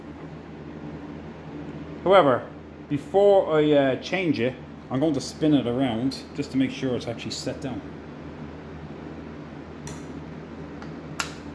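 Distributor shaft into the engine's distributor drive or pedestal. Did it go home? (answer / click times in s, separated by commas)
yes / 11.2 s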